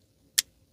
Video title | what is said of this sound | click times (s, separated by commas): KANSEPT KNIVES CONVICT REVIEW | in person the lockup is nice you can hear it | 0.4 s